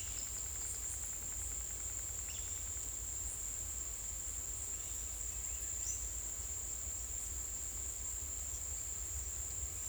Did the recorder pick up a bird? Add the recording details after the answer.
no. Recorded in secondary vegetation near Puerto Asís, Putumayo, Colombia, on 22 December 2024 at 16:00. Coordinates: 0.468, -76.324. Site G095